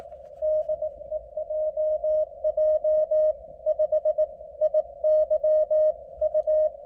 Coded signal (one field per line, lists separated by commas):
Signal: Morse code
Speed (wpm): 21 wpm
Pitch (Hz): 620 Hz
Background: none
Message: DE JJ5IYU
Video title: モールス通信 CW 交信の様子【初心者】/ Morse Code QSO on 30m